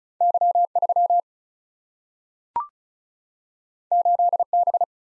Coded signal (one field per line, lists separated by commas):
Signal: Morse code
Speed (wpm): 36 wpm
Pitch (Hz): 700 Hz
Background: none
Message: Y3 8B